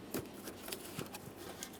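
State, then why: Not seated. The rear bumper wiring harness connector of a 2013-2020 Ford Fusion is aligned by its locking tab and handled against the body harness while the rear bumper cover is being reinstalled after a parking sensor replacement. Soft handling noise is broken by brief sharp ticks at about 0.7 s and 1.6 s. Nothing has seated or clicked yet.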